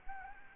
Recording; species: mosquito wingbeat signal from an infrared sensor; Anopheles gambiae